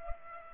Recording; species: mosquito wingbeat signal from an infrared sensor; Culex pipiens